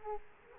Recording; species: mosquito wingbeat signal from an infrared sensor; Aedes aegypti